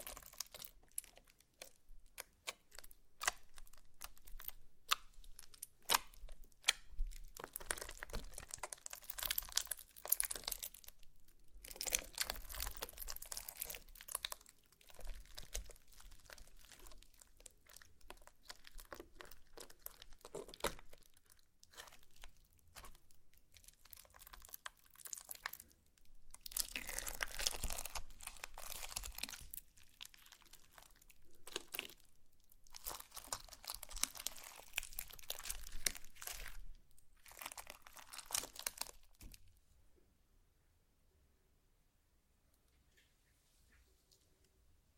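Slime being squished and worked, a dense run of crinkly, crackling pops and squelches that comes in bursts and swells. The clicks are bright and irregular, busiest around 10–15 and 26–39 seconds, then stop, leaving near silence for the last few seconds.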